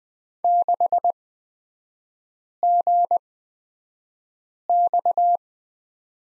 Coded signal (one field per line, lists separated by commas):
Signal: Morse code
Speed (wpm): 20 wpm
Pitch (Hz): 700 Hz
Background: none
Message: 6GX